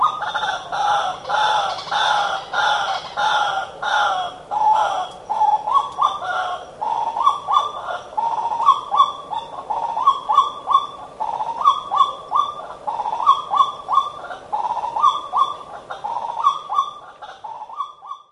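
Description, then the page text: White-breasted waterhen song: rough, throaty notes repeated steadily, fading at the end. Song type B: a hoarse, phlegmy wailing that often opens with kwau-kwau-kwau, then kwururu-wawa repeated; frequently two or more birds call together. "白腹秧雞 別名： 白胸苦惡鳥 學名： Amaurornis phoenicurus"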